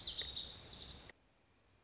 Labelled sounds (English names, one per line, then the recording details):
Lazuli Bunting
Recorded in Sonoma County, California